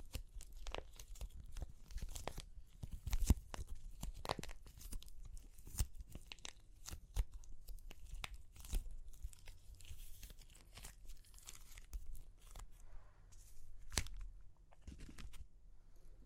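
Clay cracks and crunches in dense, irregular bursts of sharp snaps and gritty crumbling. The loudest cracks land near 3 and 14 seconds. The texture thins a little after 10 seconds, and a quiet room tone sits underneath throughout.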